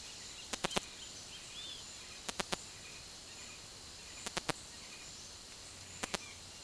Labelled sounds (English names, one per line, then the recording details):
Roadside Hawk
Yellow-tufted Woodpecker
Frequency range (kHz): Roadside Hawk 2.4-4.8 kHz; Yellow-tufted Woodpecker 1.2-4.3 kHz
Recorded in dense forest near Puerto Asís, Putumayo, Colombia, on 21 February 2024 at 09:30
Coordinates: 0.505, -76.324
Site G6467